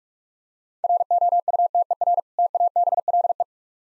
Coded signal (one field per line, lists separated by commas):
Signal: Morse code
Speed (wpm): 45 wpm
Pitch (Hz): 700 Hz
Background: none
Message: ROUTER TABLE